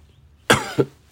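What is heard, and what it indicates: A single sharp, explosive cough from an adult man with a cold that has not fully cleared, followed about a third of a second later by a smaller second burst, in an otherwise quiet room. It is a brief, dry cough interrupting speech.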